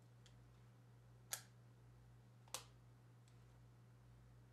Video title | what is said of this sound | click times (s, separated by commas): Nokia Lumia 920 Shell Replacement | just snaps into place there | 1.3 s, 2.5 s